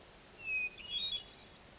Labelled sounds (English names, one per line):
Hermit Thrush